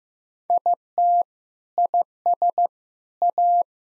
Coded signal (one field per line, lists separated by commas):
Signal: Morse code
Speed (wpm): 15 wpm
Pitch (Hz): 700 Hz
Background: none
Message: IT IS A